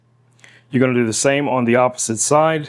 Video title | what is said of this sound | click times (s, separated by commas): Cook with me - Vegetable Chopper 5-IN-1 Electric Cheese Grater | So you're going to clip this in like so. You're just going to clip it in like that. Press. It's going to lock into place. | 0.4 s